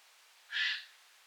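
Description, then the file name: Eurasian jay giving a single harsh, rasping screech lasting about a third of a second, broad and noisy, against a quiet background. "Garrulus glandarius"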